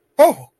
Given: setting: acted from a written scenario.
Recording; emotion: vocal sound without words; negative surprise